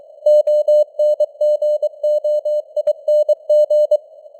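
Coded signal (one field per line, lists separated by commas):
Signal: Morse code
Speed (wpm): 23 wpm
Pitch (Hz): 600 Hz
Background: none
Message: ONGOING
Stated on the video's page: Morse news headlines at 23 wpm with simulated radio noise and varying signal strength (QSB).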